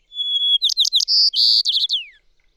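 Bird sings one phrase: a steady high whistle, three sharp chirps, two buzzes, a chattering run and a gliding downward ending.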